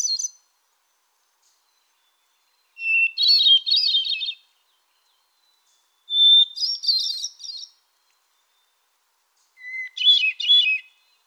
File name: solitaire